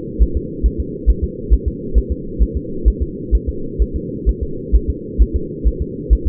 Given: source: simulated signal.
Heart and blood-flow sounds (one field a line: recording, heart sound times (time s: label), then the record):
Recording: fetal heart sounds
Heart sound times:
0.22 s: S1
0.37 s: S2
0.66 s: S1
0.80 s: S2
1.10 s: S1
1.24 s: S2
1.53 s: S1
1.68 s: S2
1.98 s: S1
2.12 s: S2
2.42 s: S1
2.57 s: S2
2.88 s: S1
3.02 s: S2
3.35 s: S1
3.49 s: S2
3.82 s: S1
3.96 s: S2
4.29 s: S1
4.43 s: S2
4.75 s: S1
4.90 s: S2
5.22 s: S1
5.36 s: S2
5.67 s: S1
5.82 s: S2
6.13 s: S1
6.27 s: S2
From the record:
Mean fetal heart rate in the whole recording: 135 bpm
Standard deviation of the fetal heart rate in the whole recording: 3 bpm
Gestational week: 34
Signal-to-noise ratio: -4.3 dB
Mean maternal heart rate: 72 bpm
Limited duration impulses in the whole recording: absent